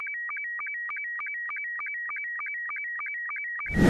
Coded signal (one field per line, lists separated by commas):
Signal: SSTV (slow-scan television)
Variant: Robot 72